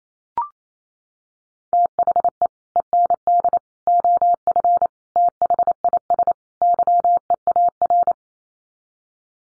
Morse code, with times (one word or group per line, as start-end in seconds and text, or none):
1.7-2.5 THE
2.8-3.6 END
3.9-4.9 OF
5.2-6.3 THIS
6.6-8.1 YEAR